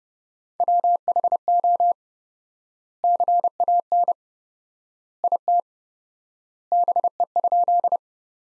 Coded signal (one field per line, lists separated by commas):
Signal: Morse code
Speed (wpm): 32 wpm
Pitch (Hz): 700 Hz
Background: none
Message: WHO CAN IT BE?